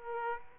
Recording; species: mosquito wingbeat signal from an infrared sensor; Aedes aegypti